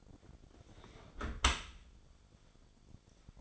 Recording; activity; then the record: daily activity, microphone in the room; close dishwasher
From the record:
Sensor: 5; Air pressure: 1006.9 hPa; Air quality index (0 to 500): 180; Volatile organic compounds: 5 ppm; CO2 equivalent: 1720 ppm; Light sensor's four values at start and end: 53/147/58/58 and 52/145/57/57